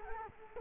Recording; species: mosquito wingbeat signal from an infrared sensor; Culex quinquefasciatus